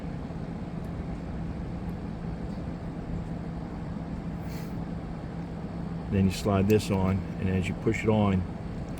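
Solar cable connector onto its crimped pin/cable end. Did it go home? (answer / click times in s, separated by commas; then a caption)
no / none. A plastic MC4-style solar cable connector body is being slid over the cable end onto its crimped pin and pushed on. A steady low rumble with a constant hum runs throughout, and someone talks from about 6.2 s. The clip ends before the connector goes home, so nothing has seated or clicked yet.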